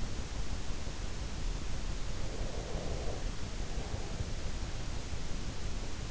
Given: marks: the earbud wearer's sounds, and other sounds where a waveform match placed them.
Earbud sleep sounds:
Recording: sounds in sleep by an in-ear microphone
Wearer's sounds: breath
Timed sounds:
1.78-4.49 s: breath

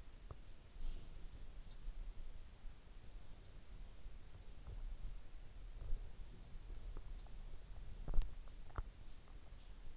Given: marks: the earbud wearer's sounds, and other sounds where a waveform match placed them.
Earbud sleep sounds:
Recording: sounds in sleep by an in-ear microphone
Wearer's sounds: teeth grinding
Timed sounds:
0.00-0.55 s: teeth grinding
0.55-1.78 s: sound from someone else or the room
7.93-9.11 s: teeth grinding

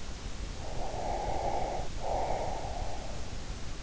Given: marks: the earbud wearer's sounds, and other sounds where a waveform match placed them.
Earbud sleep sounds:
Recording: sounds in sleep by an in-ear microphone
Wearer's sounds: breath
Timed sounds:
0.54-3.19 s: breath

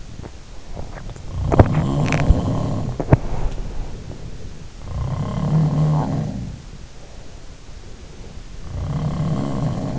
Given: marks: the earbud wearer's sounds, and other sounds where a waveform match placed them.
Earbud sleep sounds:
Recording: sounds in sleep by an in-ear microphone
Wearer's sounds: teeth grinding, body movement, breath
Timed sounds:
0.00-3.48 s: teeth grinding
1.11-3.11 s: sound from someone else or the room
2.22-4.76 s: body movement
4.76-6.85 s: sound from someone else or the room
7.00-8.71 s: breath
8.71-9.99 s: sound from someone else or the room

